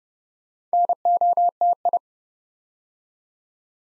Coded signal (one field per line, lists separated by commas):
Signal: Morse code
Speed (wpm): 28 wpm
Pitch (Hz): 700 Hz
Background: none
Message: NOTI